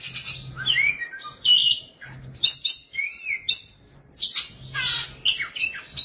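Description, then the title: Oriental magpie-robin song of rich whistles, upslurred and downslurred notes and scratchy phrases, broken by brief gaps; a faint low hum underneath. Chirping song (kicauan) of the bird. "Suara Kicauan Burung Kacer Durasi Panjang"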